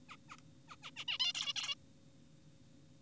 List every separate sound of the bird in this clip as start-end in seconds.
0.09-0.16, 0.29-0.37, 0.68-0.76, 0.83-0.91, 0.96-1.05, 1.08-1.18, 1.20-1.33, 1.35-1.54, 1.56-1.75